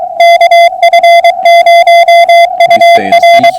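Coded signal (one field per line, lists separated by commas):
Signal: Morse code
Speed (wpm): 23 wpm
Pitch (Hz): 680 Hz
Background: music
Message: KF0UR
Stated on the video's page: POTA hunting contact converted to CW, on an FT991a with a 55 ft end-fed wire antenna sloping down from 25 feet.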